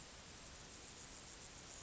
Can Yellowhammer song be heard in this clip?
no